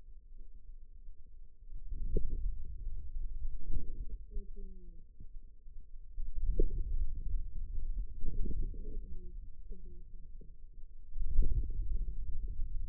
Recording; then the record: forearm muscle sounds (acoustic myography)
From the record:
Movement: hand closing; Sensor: system 2, bracelet of six BSWA MPA416 microphones around the upper forearm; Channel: 4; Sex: female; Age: 21 years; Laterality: right